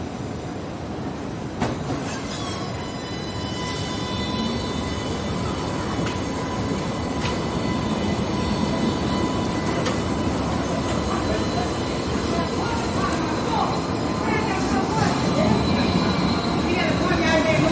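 Riding a tram along a main city street: a steady low rumble of wheels with thin whining tones, occasional clicks, and faint voices.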